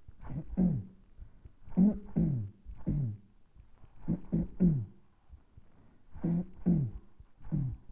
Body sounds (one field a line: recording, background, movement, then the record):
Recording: throat clearing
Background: quiet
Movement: sitting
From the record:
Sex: male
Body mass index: 20.5 kg/m2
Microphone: on the chest, facing the body